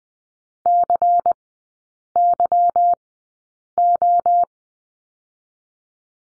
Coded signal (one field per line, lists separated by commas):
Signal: Morse code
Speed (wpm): 20 wpm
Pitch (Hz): 700 Hz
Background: none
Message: CYO